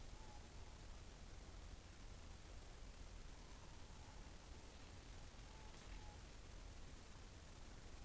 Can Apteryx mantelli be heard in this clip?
no